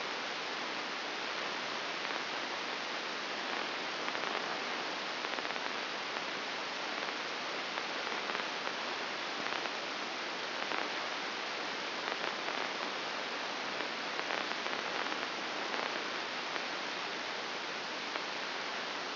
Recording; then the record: brain microelectrode recording played as sound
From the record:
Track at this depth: inside the subthalamic nucleus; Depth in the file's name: 5.861 mm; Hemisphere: left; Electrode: 2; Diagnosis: Parkinson's disease